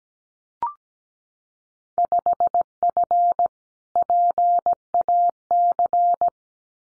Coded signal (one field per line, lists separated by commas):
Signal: Morse code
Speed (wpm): 17 wpm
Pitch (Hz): 700 Hz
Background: none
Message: 5F PAC